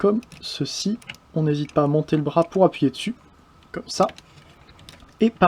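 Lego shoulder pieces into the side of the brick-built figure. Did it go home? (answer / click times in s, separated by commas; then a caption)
yes / 4.9 s. While a brick-built Lego Megatron figure is being transformed, the arm is raised and the shoulder pieces are pressed so they clip onto the side of the figure. Someone talks throughout, and a single sharp click at 4.9 s marks the shoulder pieces seating.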